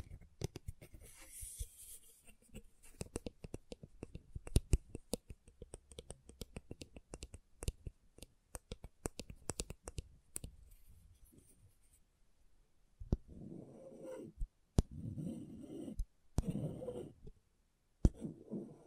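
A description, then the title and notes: Scratching on a scratchboard: dense, quick, bright scrapes and clicks tumble irregularly through the first twelve seconds. After that the strokes thin out into a few sharp ticks, broken by longer, lower rubbing passes around thirteen, fifteen and seventeen seconds. ASMR Brain Tingling Scratchboard (No Talking).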